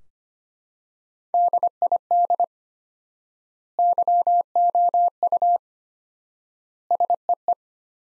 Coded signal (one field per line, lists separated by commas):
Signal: Morse code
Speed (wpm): 25 wpm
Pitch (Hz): 700 Hz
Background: none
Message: DID YOU SEE